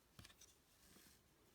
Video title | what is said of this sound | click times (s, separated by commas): Transformers Siege Voyager Class ApeFace Review | that should click into there while this then clicks into there and | 0.2 s